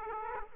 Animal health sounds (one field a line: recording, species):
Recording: mosquito wingbeat signal from an infrared sensor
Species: Aedes aegypti